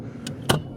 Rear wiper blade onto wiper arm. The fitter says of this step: And then it pops into place.